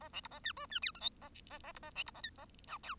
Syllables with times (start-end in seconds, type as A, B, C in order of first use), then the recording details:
0.00-0.09 A, 0.13-0.21 B, 0.23-0.28 C, 0.31-0.39 A, 0.44-0.52 D, 0.56-0.66 E, 0.69-0.80 D, 0.82-0.91 F, 0.94-1.00 G, 1.00-1.09 H, 1.21-1.29 A, 1.50-1.59 A, 1.63-1.72 A, 1.74-1.79 C, 1.82-1.91 A, 1.95-2.03 B, 2.06-2.11 C, 2.14-2.21 A, 2.23-2.30 I, 2.37-2.45 A, 2.67-2.78 J, 2.83-2.95 K. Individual Bird1